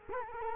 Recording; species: mosquito wingbeat signal from an infrared sensor; Culex quinquefasciatus